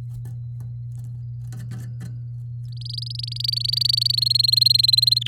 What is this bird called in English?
Domestic Canary